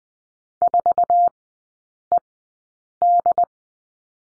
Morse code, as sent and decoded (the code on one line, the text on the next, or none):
....- . -..
4ED